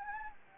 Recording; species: mosquito wingbeat signal from an infrared sensor; Anopheles gambiae